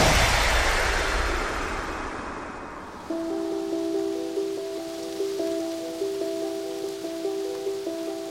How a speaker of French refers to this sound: Lorsque le vent se glisse entre les feuilles des arbres de la cité de Troie, on pourrait presque entendre sonner, oui, 1000 carillons d'or.